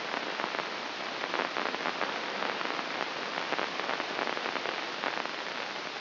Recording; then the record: brain microelectrode recording played as sound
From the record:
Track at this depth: outside the subthalamic nucleus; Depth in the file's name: 4.024 mm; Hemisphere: left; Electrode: 2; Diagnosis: Parkinson's disease